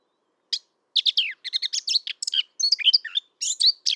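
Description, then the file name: Eurasian blackcap song: a fast, jumbled warble of scratchy and whistled notes filling most, nothing else heard. "Sylvia atricapilla"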